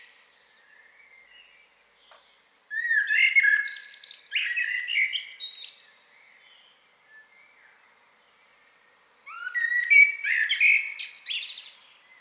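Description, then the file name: Common blackbird song: two loud, rich warbled phrases with fluted notes and squeaky high flourishes, separated by a quiet pause. "Turdus merula"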